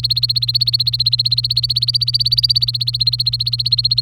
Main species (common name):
Domestic Canary